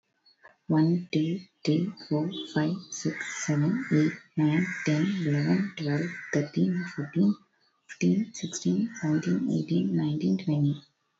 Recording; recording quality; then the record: counting at a normal pace; excellent, no background noise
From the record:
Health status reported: exposed to COVID-19, no respiratory illness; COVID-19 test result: negative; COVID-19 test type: RT-PCR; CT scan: not taken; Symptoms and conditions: none ticked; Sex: female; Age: 22 years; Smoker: no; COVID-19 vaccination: none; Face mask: worn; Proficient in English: yes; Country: India